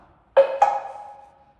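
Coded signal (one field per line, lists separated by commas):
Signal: talking drum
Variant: Kikongo slit drum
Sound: two hollow wooden knocks, low then high, with a ringing tail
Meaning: Says "kana", meaning to refuse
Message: kana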